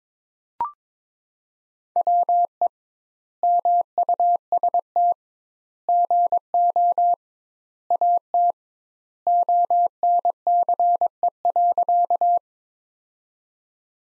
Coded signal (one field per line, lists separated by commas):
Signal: Morse code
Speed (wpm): 22 wpm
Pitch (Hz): 700 Hz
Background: none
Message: WE MUST GO AT ONCE.